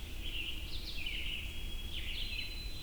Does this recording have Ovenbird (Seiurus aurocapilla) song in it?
no